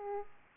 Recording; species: mosquito wingbeat signal from an infrared sensor; Aedes aegypti